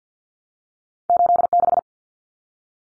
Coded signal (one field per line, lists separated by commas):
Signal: Morse code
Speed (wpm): 50 wpm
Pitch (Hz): 700 Hz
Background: none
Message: 86